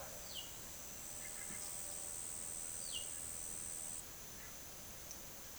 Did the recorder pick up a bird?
yes